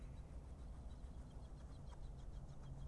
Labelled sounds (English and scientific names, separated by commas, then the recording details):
Mallard (Anas platyrhynchos)
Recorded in Germany
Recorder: ecoPi